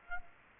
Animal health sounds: mosquito wingbeat signal from an infrared sensor; Aedes aegypti

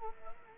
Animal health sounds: mosquito wingbeat signal from an infrared sensor; Culex quinquefasciatus

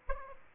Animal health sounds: mosquito wingbeat signal from an infrared sensor; Aedes aegypti

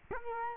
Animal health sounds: mosquito wingbeat signal from an infrared sensor; Culex quinquefasciatus

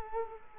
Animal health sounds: mosquito wingbeat signal from an infrared sensor; Culex quinquefasciatus

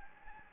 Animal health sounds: mosquito wingbeat signal from an infrared sensor; Anopheles gambiae

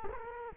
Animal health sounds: mosquito wingbeat signal from an infrared sensor; Culex quinquefasciatus

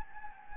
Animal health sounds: mosquito wingbeat signal from an infrared sensor; Anopheles gambiae

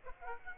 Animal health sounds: mosquito wingbeat signal from an infrared sensor; Aedes aegypti

